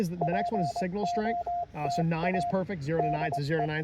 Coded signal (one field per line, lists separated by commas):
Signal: Morse code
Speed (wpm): 23 wpm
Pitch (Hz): 690 Hz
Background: speech, radio noise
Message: POTA DE